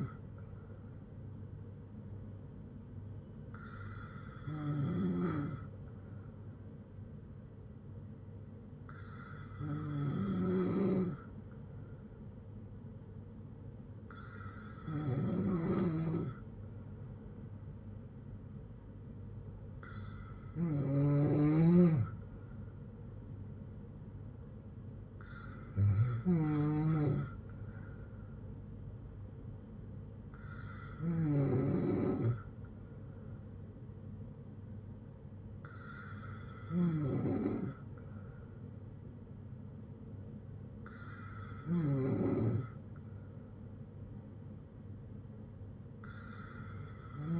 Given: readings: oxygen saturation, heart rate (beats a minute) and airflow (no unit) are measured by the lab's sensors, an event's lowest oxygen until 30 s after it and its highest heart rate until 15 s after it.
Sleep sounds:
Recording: breathing in sleep by a smartphone at the bedside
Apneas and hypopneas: none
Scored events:
none scored
From the record:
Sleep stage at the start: N2 (light sleep)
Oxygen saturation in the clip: 94 to 95%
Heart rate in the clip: 58 to 68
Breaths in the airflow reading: 9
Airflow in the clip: -5.5 to 4.0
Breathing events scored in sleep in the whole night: 182 in 7.4 hours asleep

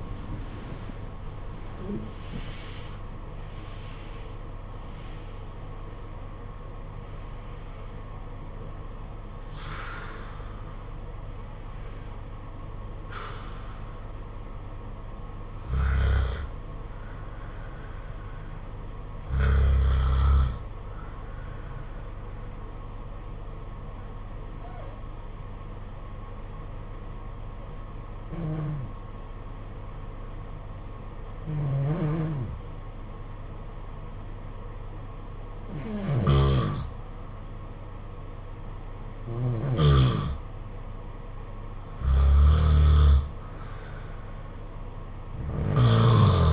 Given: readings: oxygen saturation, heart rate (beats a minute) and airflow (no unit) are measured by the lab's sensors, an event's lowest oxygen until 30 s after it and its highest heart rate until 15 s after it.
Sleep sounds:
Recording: breathing in sleep by a smartphone at the bedside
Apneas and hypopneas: 1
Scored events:
5.00-46.53 s: new sleep stage, N1 (lightest sleep)
24.00-42.10 s: hypopnea (N1, oxygen 96% highest, then 88% lowest, heart rate 61 at the start, 68 highest)
From the record:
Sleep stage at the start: REM sleep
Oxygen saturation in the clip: 75 to 96%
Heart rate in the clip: 59 to 95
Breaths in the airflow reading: 12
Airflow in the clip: -13.1 to 12.8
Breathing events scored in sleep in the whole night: 476 in 9.7 hours asleep

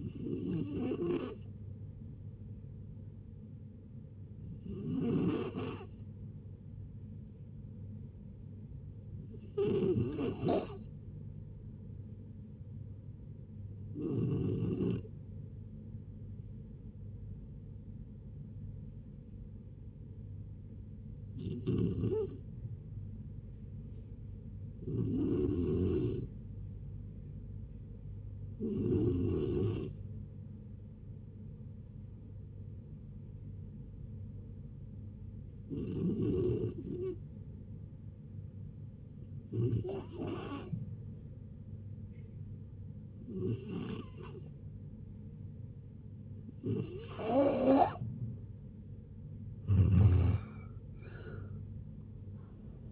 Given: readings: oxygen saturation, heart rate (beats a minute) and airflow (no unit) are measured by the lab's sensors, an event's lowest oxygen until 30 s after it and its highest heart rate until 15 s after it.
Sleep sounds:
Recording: a person awake in a sleep study, by a smartphone at the bedside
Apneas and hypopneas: none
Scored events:
0.00-52.92 s: awake
0.00-52.92 s: awake
From the record:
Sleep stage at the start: awake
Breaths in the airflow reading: 16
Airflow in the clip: -0.7 to 0.9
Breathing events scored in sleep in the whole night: 496 in 5.4 hours asleep

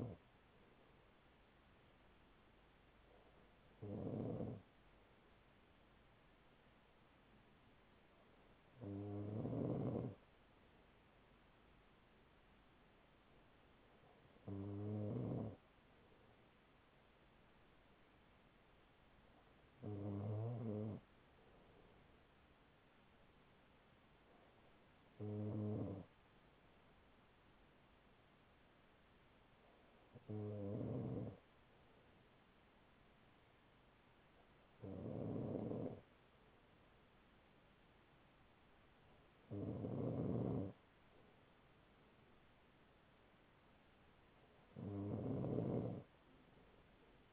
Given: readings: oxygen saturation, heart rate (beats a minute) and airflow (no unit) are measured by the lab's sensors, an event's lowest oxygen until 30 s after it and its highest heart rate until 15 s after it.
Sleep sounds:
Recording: breathing in sleep by a voice recorder at the bedside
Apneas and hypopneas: none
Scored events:
none scored
From the record:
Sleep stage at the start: N2 (light sleep)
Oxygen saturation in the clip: 95 to 96%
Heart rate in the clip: 40 to 44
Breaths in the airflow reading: 10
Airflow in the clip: -5.2 to 5.9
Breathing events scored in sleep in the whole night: 207 in 7.6 hours asleep

